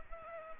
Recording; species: mosquito wingbeat signal from an infrared sensor; Culex pipiens